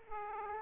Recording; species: mosquito wingbeat signal from an infrared sensor; Aedes aegypti